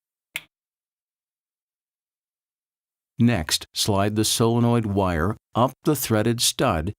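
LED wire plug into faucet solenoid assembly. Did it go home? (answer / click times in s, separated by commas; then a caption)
yes / 0.4 s. An LED wire plug from a faucet is pushed into the side socket of the faucet's solenoid assembly and seats with a single sharp click at 0.4 s. About three seconds of silence follow before someone talks.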